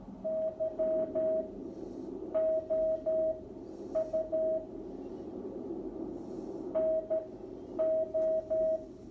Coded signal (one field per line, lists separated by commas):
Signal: Morse code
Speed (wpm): 13 wpm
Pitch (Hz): 640 Hz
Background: radio noise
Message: YOU NO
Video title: Drake R4B serial #10014 SSB CW and how to use notch control demo with weak SSB signals on 40m